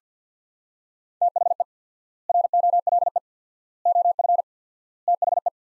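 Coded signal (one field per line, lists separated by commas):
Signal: Morse code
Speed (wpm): 47 wpm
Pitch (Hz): 700 Hz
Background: none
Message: THE ROLE OF THE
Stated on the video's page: Drill of sets of 4 words at 50 wpm with 4x word spacing, Farnsworth-like; each set sent, spoken, sent again.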